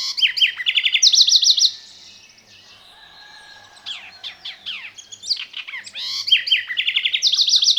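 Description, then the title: Black-crested Warbler song: rapid series of sharp downslurred chips in groups at different pitches, a pause with faint background notes, then jumbled twittering and another fast chip series. "Myiothlypis Nigrocristata"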